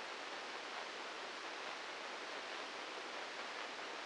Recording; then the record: brain microelectrode recording played as sound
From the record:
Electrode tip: inside the subthalamic nucleus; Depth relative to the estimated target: -4 mm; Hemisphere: right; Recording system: NeuroSet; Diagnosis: Parkinson's disease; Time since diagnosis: 8 years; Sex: male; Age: 59 years